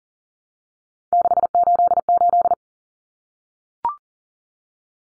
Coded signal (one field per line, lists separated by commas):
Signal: Morse code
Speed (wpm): 40 wpm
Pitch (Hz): 700 Hz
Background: none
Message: 688